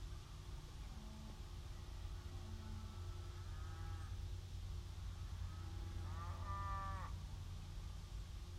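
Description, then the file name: Cows lowing: two drawn-out moans, the second louder, over a continuous low rumble. Cows heard at a distance, 3 January 2019. "Cows in a distance 03012019"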